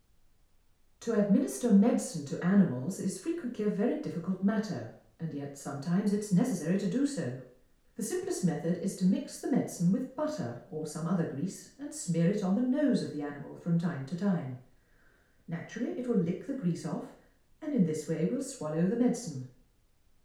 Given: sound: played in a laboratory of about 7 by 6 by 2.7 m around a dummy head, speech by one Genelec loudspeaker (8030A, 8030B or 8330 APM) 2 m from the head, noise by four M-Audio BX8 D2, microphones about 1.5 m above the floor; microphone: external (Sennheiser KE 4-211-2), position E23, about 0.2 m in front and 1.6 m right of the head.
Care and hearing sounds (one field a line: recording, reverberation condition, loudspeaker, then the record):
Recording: female speech in English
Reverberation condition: medium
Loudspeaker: in front (0 degrees)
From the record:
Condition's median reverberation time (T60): about 510 ms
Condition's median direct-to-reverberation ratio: about -0.5 dB